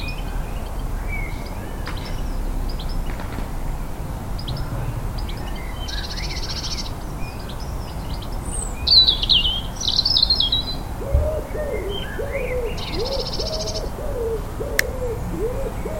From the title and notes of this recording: Liverpool Garden April 2021. Liverpool morning rituals April 2021.